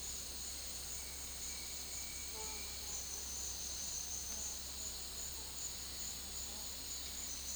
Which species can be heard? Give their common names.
Bright-rumped Attila